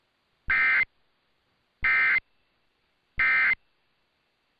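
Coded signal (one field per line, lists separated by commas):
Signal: Emergency Alert System (SAME) tones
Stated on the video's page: Required Monthly Test for the San Francisco Bay Area aired on AM stations KCBS and KGO.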